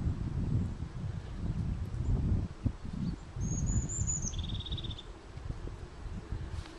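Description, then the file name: European crested tit giving one phrase: high, fine rapid notes followed by a lower buzzy purring trill, against constant low rumbling noise. "Haubenmeise"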